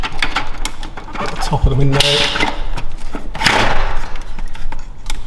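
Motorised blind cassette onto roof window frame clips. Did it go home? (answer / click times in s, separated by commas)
yes / 5.1 s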